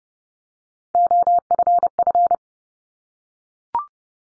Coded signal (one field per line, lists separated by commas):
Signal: Morse code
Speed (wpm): 30 wpm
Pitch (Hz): 700 Hz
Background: none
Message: OFF